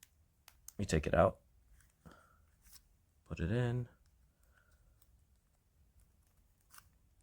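Someone talks while handling the plastic stylus of a Samsung Galaxy S24 Ultra smartphone, taking it out of the phone and moving it back toward its slot in the phone body. Faint, short ticks of handling are heard between the talking. Nothing has seated or clicked into place yet.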